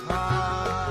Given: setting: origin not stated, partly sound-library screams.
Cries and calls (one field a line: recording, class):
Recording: one-second piece from a danger detection set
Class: normal situation